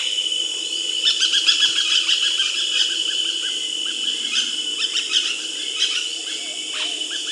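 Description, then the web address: Painted parakeet calls: harsh, scratchy chattering notes in quick bursts, a run early on and more around the middle and end, over a constant high hum. South America. "Natures Songs S America Painted Parakeet"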